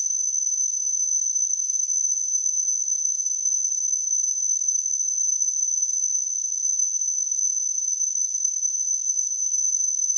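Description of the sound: Simulated tinnitus: a steady, high-pitched tone near 6 kHz over a band of hiss, unchanging in pitch and loudness throughout.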